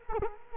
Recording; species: mosquito wingbeat signal from an infrared sensor; Culex quinquefasciatus